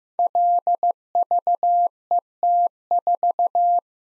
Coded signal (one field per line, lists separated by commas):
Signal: Morse code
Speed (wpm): 15 wpm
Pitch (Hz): 700 Hz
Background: none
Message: LVET4